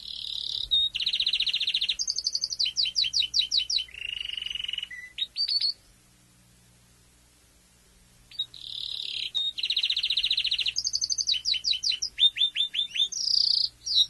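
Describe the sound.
Domestic canary song of fast repeated whistled notes and buzzy rolled trills, changing pitch every phrase, broken by a pause of a few seconds before resuming.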